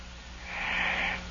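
One soft, hissy breath swelling and fading: the light, childlike snore of a sleeping 17-year-old who has not gone through puberty, with no coarse low rattle like a manly snore, over steady hum.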